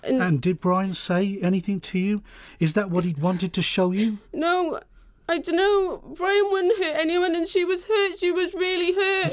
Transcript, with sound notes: And did Brian say anything to you? Is that what he'd wanted to show you?
(sobbing) No…I don't know… Brian wouldn't hurt anyone and she was hurt…she was really hurt…